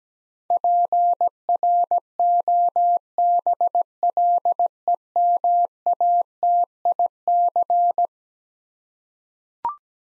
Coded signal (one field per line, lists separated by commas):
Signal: Morse code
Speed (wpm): 17 wpm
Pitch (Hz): 700 Hz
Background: none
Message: PROBLEMATIC